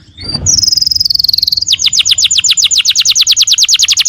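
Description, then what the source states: Canary song: a long high sustained note, then a fast even trill of rapid descending notes. Long-duration lure and tutor recording for young canaries.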